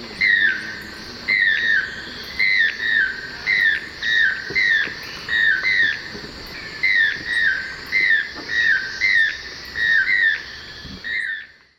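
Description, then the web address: Channel-billed Toucan pair calling in duet: a long run of yelping notes repeated about once a second, with faint insect trilling behind. Duet recorded in the eastern lowlands of South America. "Natures Songs S America Eastern Lowlands. Ramphastos vitellinus, duet"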